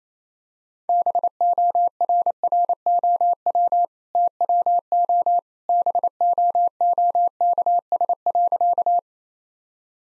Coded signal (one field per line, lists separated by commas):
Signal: Morse code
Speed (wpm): 28 wpm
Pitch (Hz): 700 Hz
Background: none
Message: BORROW TWO BOOKS.